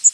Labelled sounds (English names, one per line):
Yellow Warbler flight call